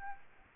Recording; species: mosquito wingbeat signal from an infrared sensor; Aedes albopictus